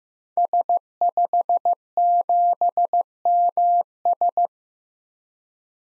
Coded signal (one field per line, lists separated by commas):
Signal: Morse code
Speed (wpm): 15 wpm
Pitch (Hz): 700 Hz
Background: none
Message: S57MS